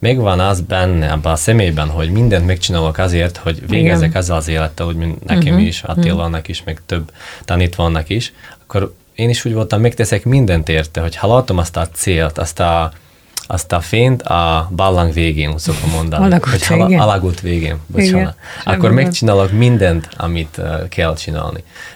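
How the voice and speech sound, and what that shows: A low-pitched adult man speaks Hungarian in a measured, even way, with stretched sounds, drawn-out syllable ends and frequent short pauses, but no clear blocks or repetitions. He once had inner anxieties, stuttering and speech blocks, and now uses this slow, prolonged fluency-shaping style to overcome the problem.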